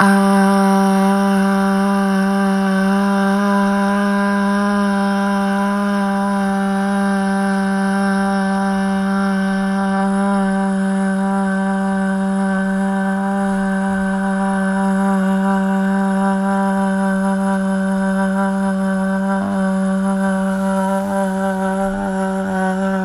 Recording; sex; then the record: sustained vowel /a/; female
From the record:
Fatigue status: no fatigue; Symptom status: asymptomatic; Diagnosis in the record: COVID-19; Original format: m4a